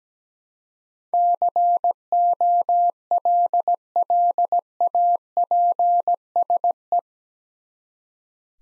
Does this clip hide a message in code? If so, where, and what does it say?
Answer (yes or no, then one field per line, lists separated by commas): yes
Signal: Morse code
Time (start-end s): 1.1-7.0 s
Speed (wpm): 17 wpm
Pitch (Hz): 700 Hz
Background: none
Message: COLLAPSE